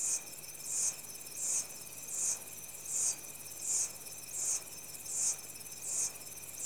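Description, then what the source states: High insect chorus of evenly spaced shrill pulses, roughly one every 0.7 seconds, set against an unbroken ringing hum of other insects. Insects in tropical rainforest, Central African Republic, early evening.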